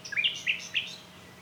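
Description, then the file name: Common nightingale giving three quick, bright chirping notes in fast succession, then quiet. "Luscinia megarhynchos"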